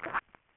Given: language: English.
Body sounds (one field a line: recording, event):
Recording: throat vibration sensor signal played as sound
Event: swallow